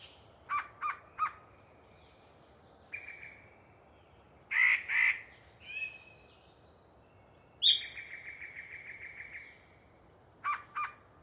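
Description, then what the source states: Yellow-breasted chat song: a varied jumble of separate phrases, including short clucks, harsh doubled notes, buzzy rattles and a whistled note, spaced by pauses. Particularly chatty bird giving a long pre-dawn soliloquy in deciduous cover.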